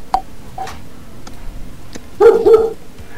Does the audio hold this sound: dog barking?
yes